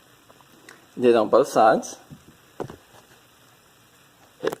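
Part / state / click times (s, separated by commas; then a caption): third-row seat latch onto floor pin / seated / 4.5 s. Someone talks while a third-row leather seat in a 2011 Suburban is pushed down so its seat lock goes onto the floor pin and the lock piece comes down on both sides. Quiet handling knocks follow, then a sharp double click at 4.5 s as the lock latches onto the pin and the seat is locked into place.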